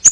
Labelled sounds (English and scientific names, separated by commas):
Yellow-rumped Warbler (Setophaga coronata) flight call